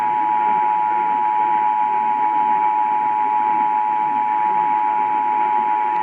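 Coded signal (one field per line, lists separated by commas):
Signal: Emergency Alert System (SAME) tones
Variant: 853 and 960 Hz attention tone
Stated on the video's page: EAS alerts including two Required Monthly Tests, received by DXing on AM 740 KCBS, 680 KNBR and 1530 KFBK.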